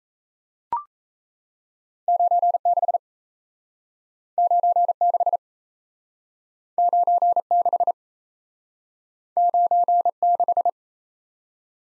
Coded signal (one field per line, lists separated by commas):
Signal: Morse code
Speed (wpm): 36 wpm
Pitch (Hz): 700 Hz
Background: none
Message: 96 96 96 96